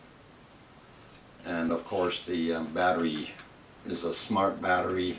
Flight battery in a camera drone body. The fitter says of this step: battery will pop out like that and of